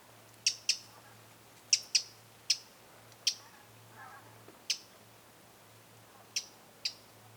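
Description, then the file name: Eurasian wren calls: hard, dry clicking ticks given singly or in pairs at irregular intervals, with a faint low hum underneath. "Troglodytes troglodytes"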